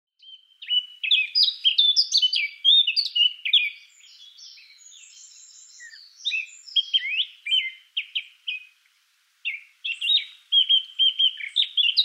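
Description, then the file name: Eurasian blackcap warbling, with fast varied notes, a soft twittering passage, then loud repeated phrases ending in clear, even notes. "Sylvia atricapilla"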